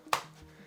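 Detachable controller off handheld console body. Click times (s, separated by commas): 0.1 s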